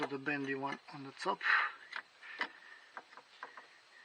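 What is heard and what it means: Someone talks while handling the upper, bent plastic fuel line quick connector at the fuel filter spigot of a Renault Megane 4 RS Trophy during a fuel filter replacement. Short sharp handling ticks and knocks are heard around 2.0, 2.4, 3.0, 3.2 and 3.4 seconds. Nothing has seated or clicked yet; the connector is not yet home on the filter.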